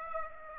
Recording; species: mosquito wingbeat signal from an infrared sensor; Aedes aegypti